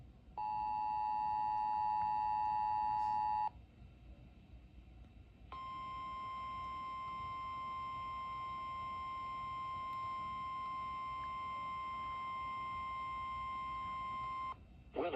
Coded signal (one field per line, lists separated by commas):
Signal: Emergency Alert System (SAME) tones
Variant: 853 and 960 Hz attention tone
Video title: Severe Thunderstorm Warning EAS on WPKV (4/19/25)